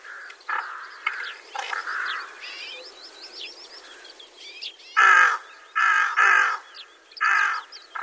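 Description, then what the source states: Rooks calling as a flock: soft, croaky chatter early on, then several loud, hoarse caws in quick succession over the final three seconds. Flock of rooks, a cold-season-only winter visitor, in winter rice paddies in Itakura town, Gunma Prefecture, Japan; calls sound slightly lighter and drier than Carrion Crow's.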